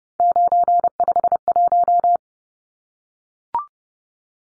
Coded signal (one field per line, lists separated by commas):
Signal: Morse code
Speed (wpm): 30 wpm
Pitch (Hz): 700 Hz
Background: none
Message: 951